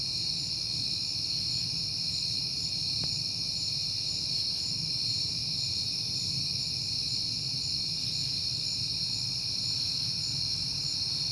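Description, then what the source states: Crickets trill steadily over a low rumble; a single sharp click sounds early on. At night in September, on a peaceful night.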